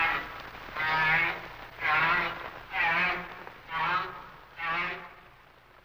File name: Sounds of Nature - Humpback Whales